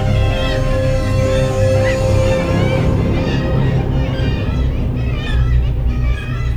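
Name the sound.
gulls calling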